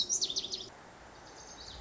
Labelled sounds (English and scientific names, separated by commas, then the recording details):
Lazuli Bunting (Passerina amoena)
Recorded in Sonoma County, California